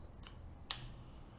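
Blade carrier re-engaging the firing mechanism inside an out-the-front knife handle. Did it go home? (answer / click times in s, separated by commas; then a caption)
yes / 0.7 s. After reassembly with the handle screws back in, the blade of a Normandy Knives Griffin out-the-front (OTF) knife is pulled all the way out and then pulled with a little more force. A faint tick comes at 0.2 s, then a sharp, bright click at 0.7 s as the blade carrier re-engages the firing mechanism inside the handle. The mechanism settles into place, and the blade and switch no longer move freely: it is re-engaged.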